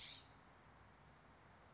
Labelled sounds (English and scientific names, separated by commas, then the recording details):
California Scrub-Jay (Aphelocoma californica)
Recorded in Sonoma County, California